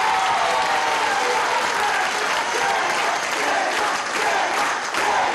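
Loud, sustained applause from an audience for Governor Vielma Mora, a dense wash of clapping that stays steady and full for about five seconds with no voices standing out.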